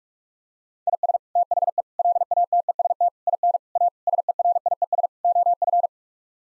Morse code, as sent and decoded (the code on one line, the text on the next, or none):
.. ... / - .... . / .-.. .- - . ... - / .. -. / .- / ... . .-. .. . ... / --- ..-.
IS THE LATEST IN A SERIES OF